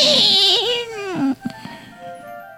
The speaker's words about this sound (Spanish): Y al caer la noche, por allá en el fondo se escuchó el sonido de un chancho. ¡Uy!